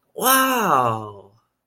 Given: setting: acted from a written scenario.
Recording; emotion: vocal sound without words; positive surprise